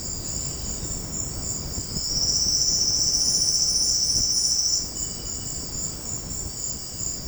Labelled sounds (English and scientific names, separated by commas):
none